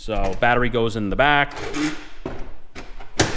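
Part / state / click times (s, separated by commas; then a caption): battery pack into cordless snow power shovel / seated / 3.2 s. Someone talks, then a 60V battery pack is pushed into the slot at the back of a Toro 60V cordless electric snow power shovel, with a softer knock near 2.3 s. A loud, sharp hit at 3.2 s marks the battery pack locking into place in the tool.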